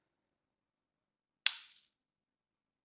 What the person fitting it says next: And that was the last click.